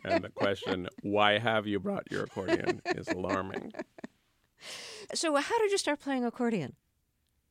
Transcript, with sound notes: And the question - why have you brought your accordion? - is alarming.
(Laughter) So how did you start playing accordion?